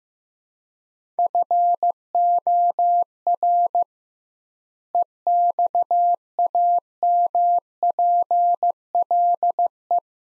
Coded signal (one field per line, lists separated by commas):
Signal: Morse code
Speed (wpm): 15 wpm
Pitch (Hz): 700 Hz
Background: none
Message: FOR EXAMPLE